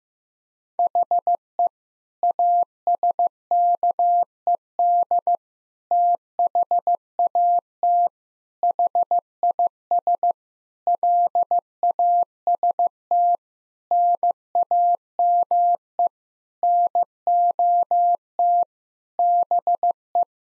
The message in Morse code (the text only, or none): HE ASKED THAT HIS LAST NAME NOT BE